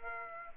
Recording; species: mosquito wingbeat signal from an infrared sensor; Aedes aegypti